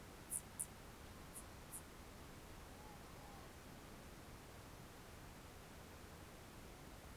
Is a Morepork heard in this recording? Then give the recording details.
yes. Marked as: faintness 4/5. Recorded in New Zealand on 1 June 2017. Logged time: 19:46. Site Taranaki